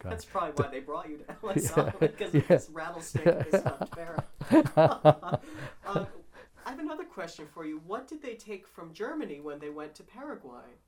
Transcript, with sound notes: That's probably why they brought you to Ellis Island, because of the rattlesnake and the stuffed parrot. (they laugh) I've another question for you. What did they take from Germany when they went to Paraguay?